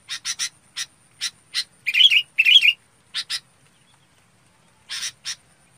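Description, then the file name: Red-whiskered bulbul song: two rich warbled phrases in quick succession, surrounded by repeated short harsh chips and clicks with brief pauses. Described as high-pitched singing (bổng hót). "tieng chao mao bong hot"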